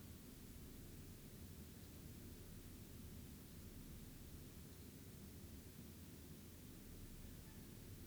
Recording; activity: daily activity, guitar pickup as the sensor; lie down